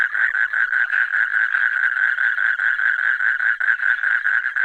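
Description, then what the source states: Frog croaking in a dense run of quick pulsed notes with only shallow gaps between them. Recorded 15 March 2015.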